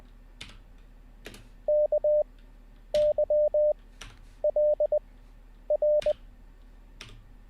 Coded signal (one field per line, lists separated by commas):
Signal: Morse code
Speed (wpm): 20 wpm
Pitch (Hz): 600 Hz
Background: none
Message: K Y L R